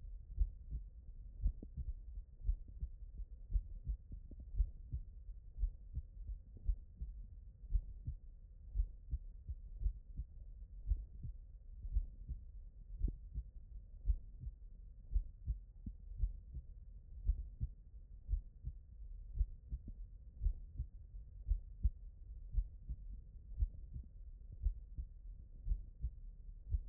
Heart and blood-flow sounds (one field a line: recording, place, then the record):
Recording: heart sounds by stethoscope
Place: tricuspid valve (TV)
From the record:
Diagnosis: non-HFrEF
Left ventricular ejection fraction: 63%